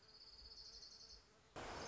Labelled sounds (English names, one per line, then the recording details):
Orange-crowned Warbler
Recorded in Sonoma County, California